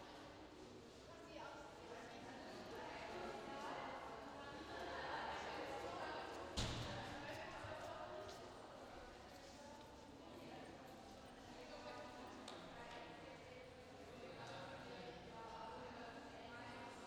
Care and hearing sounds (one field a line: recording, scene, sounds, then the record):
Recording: everyday scene through a hearing-aid microphone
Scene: reverberant space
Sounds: background noise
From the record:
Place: railway station hall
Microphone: in the ear canal, left